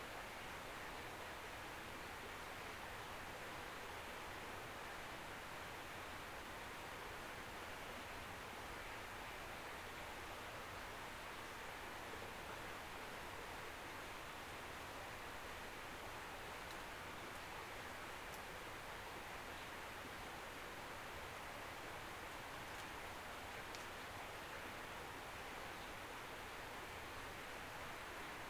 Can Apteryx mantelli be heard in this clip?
no